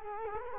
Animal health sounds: mosquito wingbeat signal from an infrared sensor; Culex quinquefasciatus

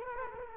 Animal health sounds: mosquito wingbeat signal from an infrared sensor; Culex quinquefasciatus

